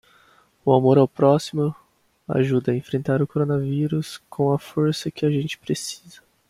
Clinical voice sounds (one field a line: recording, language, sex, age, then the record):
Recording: spoken sentence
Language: Brazilian Portuguese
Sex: male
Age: 20 to 29 years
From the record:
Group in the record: control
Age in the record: 23 years